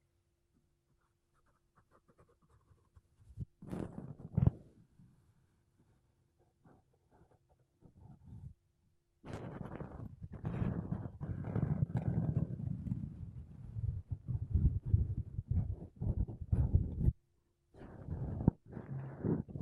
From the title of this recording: Mic Brushing Using Makeup Brushes and Sponge